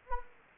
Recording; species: mosquito wingbeat signal from an infrared sensor; Anopheles arabiensis